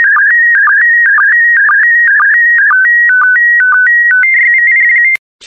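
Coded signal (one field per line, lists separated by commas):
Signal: SSTV (slow-scan television)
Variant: PD120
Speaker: complete you can now check your decoded image against the picture that is shown on the video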